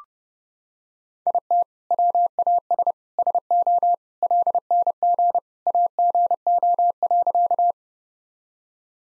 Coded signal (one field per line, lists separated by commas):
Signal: Morse code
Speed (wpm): 30 wpm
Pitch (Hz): 700 Hz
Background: none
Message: IT WAS SO LNG AGO.